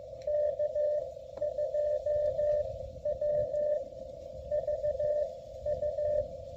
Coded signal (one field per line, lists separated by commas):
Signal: Morse code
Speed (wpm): 18 wpm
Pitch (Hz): 600 Hz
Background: radio noise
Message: K2WVU